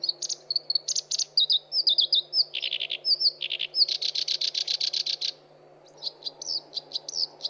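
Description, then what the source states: Black-browed Reed Warbler singing a varied, scratchy medley of whistled slurs, buzzy chatters and a quick rattling series, a brief pause, then more sharp notes. Masteran (tutor) recording.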